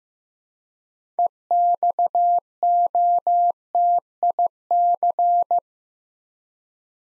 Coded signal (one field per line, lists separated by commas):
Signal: Morse code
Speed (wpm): 15 wpm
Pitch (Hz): 700 Hz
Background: none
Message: EXOTIC